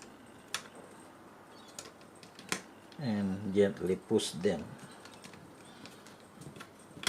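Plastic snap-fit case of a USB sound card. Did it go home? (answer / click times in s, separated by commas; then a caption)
no / none. During reassembly of a Creative Sound Blaster K3+ (model SB1720) USB sound card, the plastic snap-fit case parts are lined up and gently pushed together by hand. Light, sharp handling ticks are heard near 0.5, 1.8, 2.5 and 7.1 seconds, and someone talks in the middle of the clip. Nothing has seated or clicked yet, and the snap-fit clips are not yet locked when the clip ends.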